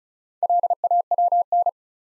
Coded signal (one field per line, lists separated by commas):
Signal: Morse code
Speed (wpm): 36 wpm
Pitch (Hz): 700 Hz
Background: none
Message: LAWN